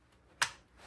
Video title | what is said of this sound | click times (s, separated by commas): More gas from Viejo: Crosman 1875 Remington BB/pellet gun | all the way back until it snaps in | 0.4 s